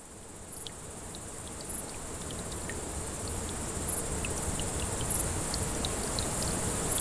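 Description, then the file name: Grasshoppers produce a thin, high buzz broken into regular pulses, growing louder throughout, with trickling water below. Several grasshoppers calling beside a small brook, 6 August 2014, recorded on an MZ-N710 recorder. "Ruisselet et sauterelles 6 08 14"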